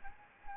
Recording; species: mosquito wingbeat signal from an infrared sensor; Anopheles gambiae